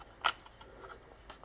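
A tool-less plastic SSD bracket is handled against the holes of the drive mount in a Thermaltake Armor A30i PC case. A sharp, bright tap at 0.3 s is followed by softer scrapes and knocks around 0.9 s and 1.3 s. Nothing has seated or clicked into place yet.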